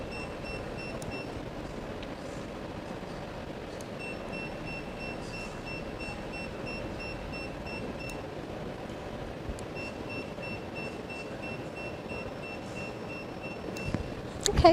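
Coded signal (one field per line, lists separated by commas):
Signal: none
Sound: an aesthetic device's beeps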